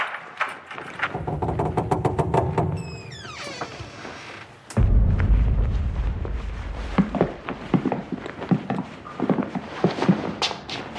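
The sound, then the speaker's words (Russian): A jailer forces a key round in the lock of a prison cell door: a run of metallic clicks and rattles gives way to a harsh grinding scrape, then a loud, heavy clang with a booming rumble. “Жубер, наконец, отыскал нужный ключ и с душераздирающим лязгом провернул его в потрохах замка.”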